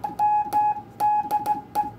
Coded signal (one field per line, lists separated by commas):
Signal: Morse code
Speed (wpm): 15 wpm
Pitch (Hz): 840 Hz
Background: none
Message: MDE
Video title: Vertical CW kit by F1AGS